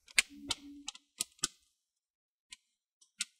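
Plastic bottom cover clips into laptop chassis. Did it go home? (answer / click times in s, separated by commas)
yes / 0.2 s, 0.5 s, 0.9 s, 1.2 s, 1.4 s, 3.2 s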